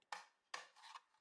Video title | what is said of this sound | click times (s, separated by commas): I Designed a Collapsible & Stackable Flower Crate 🌼 | But with this, you just doing this and little click. | 0.1 s, 0.5 s